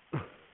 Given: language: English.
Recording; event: throat vibration sensor signal played as sound; cough